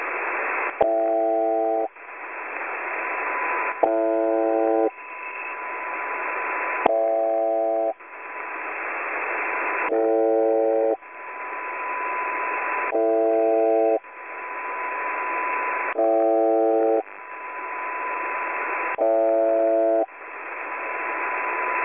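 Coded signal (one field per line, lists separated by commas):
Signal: channel marker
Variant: UVB-76 (The Buzzer)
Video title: Clear Recording of The Buzzer (UVB 76), 21.03.2018, 18:45 UTC, 4626 kHz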